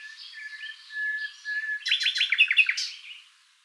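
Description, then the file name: Common nightingale singing: soft thin whistles and warbles, then a loud burst of rapid repeated chirping notes that fades out. "Luscinia megarhynchos"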